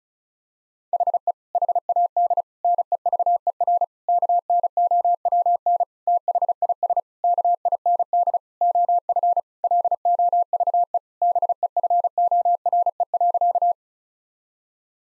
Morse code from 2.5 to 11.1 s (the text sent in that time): NEVER KNOWN THIS KIND OF LOVE